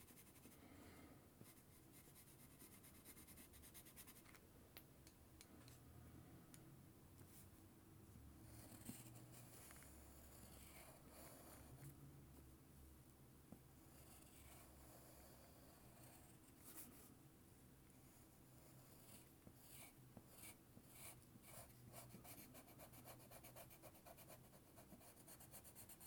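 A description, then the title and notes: A pencil scratches steadily across white paper, with dense short strokes, brief bright bursts of quick hatching, and a low continuous hum underneath. 鉛筆で絵を描く音（Binaural）- The sound of drawing a picture with a pencil. 白い紙に鉛筆でカリカリと絵を描きました。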